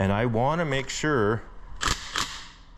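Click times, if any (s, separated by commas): 1.8 s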